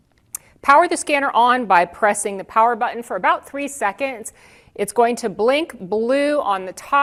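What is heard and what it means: The plastic battery compartment door on a FARO Focus Premium 3D laser scanner, sitting on a tripod, is snapped shut after an SD card goes in, giving one sharp, short latching click at 0.3 s. Someone then talks over the rest of the clip, and the door is seated closed.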